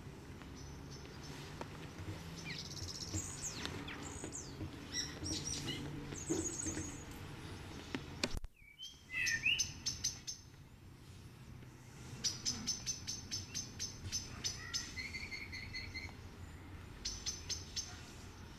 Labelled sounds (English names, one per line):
Common Blackbird song